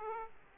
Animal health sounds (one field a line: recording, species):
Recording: mosquito wingbeat signal from an infrared sensor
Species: Aedes aegypti